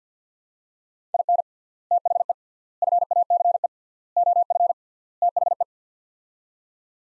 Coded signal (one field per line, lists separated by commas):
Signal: Morse code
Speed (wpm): 50 wpm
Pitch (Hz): 700 Hz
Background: none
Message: IN THE FACE OF THE